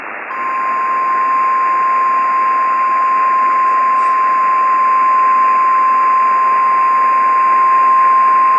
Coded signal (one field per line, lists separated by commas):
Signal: Emergency Alert System (SAME) tones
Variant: 1050 Hz attention tone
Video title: (PREVIEW) EAS Scenario: 2050